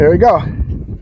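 Someone talks while a replacement pinch-tab wiper blade is handled at the windshield wiper arm hook of a 2016 Ford Explorer (Gen 5), where it is pushed until its plastic tab locks. A brief faint sound comes near 1.1 s as the voice fades. Nothing has seated or clicked yet.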